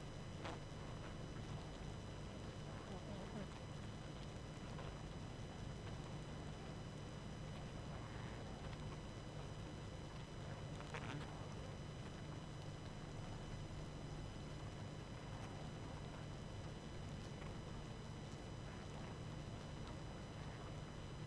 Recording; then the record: honeybee colony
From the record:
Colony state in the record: active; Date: 12 June 2018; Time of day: 21:15